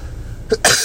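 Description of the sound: A single short, dry cough bursts out after a brief catch of breath, interrupting an adult man's speech. It is one isolated cough with no wheeze or rattle following it. He coughs now and then.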